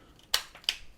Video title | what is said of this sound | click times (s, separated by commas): Unboxing et présentation de la webcam Logitech Streamcam | on entend des clips qui montent et elle est fixée | 0.3 s, 0.7 s